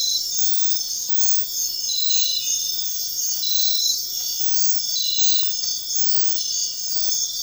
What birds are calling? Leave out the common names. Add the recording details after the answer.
none. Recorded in dense forest near Puerto Asís, Putumayo, Colombia, on 20 February 2024 at 05:00. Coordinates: 0.500, -76.322. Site G6465